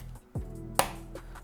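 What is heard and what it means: A memory stick (RAM module) is placed in a motherboard DIMM slot and pressed firmly on both ends until the slot clips lock. A sharp click at 0.8 s stands out above a few fainter knocks and taps. The module is seated.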